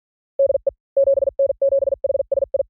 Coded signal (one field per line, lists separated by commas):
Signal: Morse code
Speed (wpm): 48 wpm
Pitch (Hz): 550 Hz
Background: none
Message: DE 7N7HSI